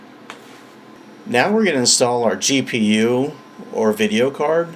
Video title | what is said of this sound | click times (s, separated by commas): How to build a BEAST HACKINTOSH PRO... ASUS X79 SABERTOOTH.... ASUS GTX670 | I know it feels weird guys, but just put even pressure down until you hear the healthy snap of the lock. | 0.3 s